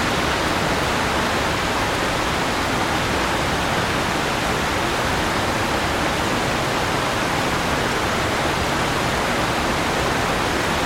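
Heavy rain pours down over the city in a dense, unbroken hiss that fills everything from low rumble to bright top. The downpour stays steady and even for the whole stretch, with no drops, gusts or other sounds standing out.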